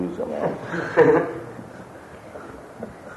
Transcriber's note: laughter